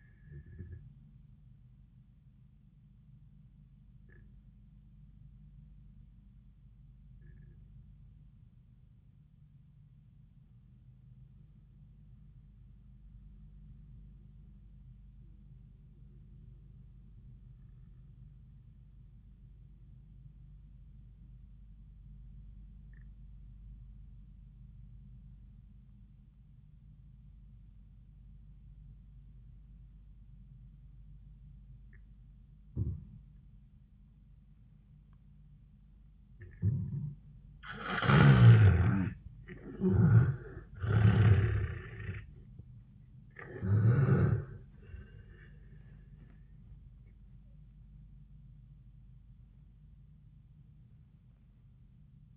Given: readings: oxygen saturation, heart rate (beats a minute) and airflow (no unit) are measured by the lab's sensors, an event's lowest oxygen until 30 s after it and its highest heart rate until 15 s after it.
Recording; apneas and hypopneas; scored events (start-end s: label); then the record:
breathing in sleep by a smartphone at the bedside; 1
4.00-37.80 s: obstructive apnea (N1, oxygen 98% highest, then 77% lowest, heart rate 72 at the start, 91 highest)
17.00-47.00 s: new sleep stage, N2 (light sleep)
47.00-52.37 s: new sleep stage, N1 (lightest sleep)
From the record:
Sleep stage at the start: N1 (lightest sleep); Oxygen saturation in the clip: 73 to 98%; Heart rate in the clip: 66 to 91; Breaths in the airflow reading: 4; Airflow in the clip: -13.8 to 11.3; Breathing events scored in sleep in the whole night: 400 in 8.7 hours asleep